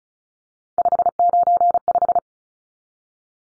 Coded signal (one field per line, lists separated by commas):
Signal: Morse code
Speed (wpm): 34 wpm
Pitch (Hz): 700 Hz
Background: none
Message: 595